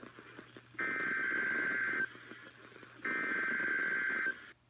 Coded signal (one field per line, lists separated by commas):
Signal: Emergency Alert System (SAME) tones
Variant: header bursts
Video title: Required Weekly Test!! (on 2 stations!) [EAS #30 - #31]